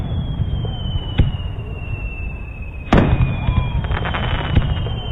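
Aerial fireworks, watched from the balcony of a riverside apartment in summer, burst with sharp booms, a lighter crack near the start and a big blast around three seconds, followed by crackling sparkle over a steady rumbling background and a faint high whistle.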